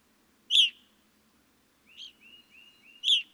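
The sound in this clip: Evening grosbeak: one strong piercing chirp, then a run of soft, short notes, ending with another loud chirp.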